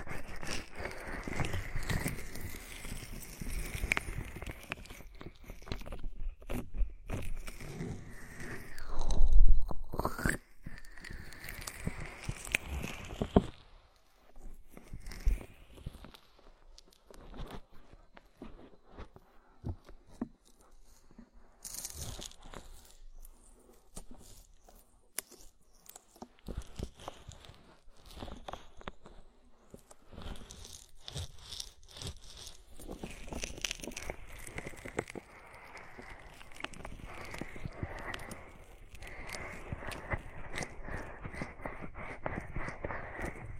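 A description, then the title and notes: Body oil massage and bubble bath: soft, irregular rubbing and slick wet sounds with a faint steady fizz in the first seconds and again after about 35 seconds. A louder bump comes near 10 seconds, and the middle stretch turns sparse with scattered small clicks. Body oil massage and bubble bath.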